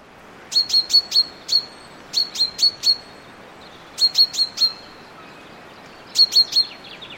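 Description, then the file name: Common chaffinch calls, short sharp high chips in quick clusters of three to five, repeated in four bursts over seven seconds, with a faint thin whistle trailing between. "Fringilla coelebs"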